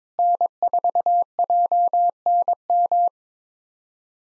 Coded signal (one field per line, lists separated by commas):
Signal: Morse code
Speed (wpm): 21 wpm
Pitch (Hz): 700 Hz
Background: none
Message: N4JNM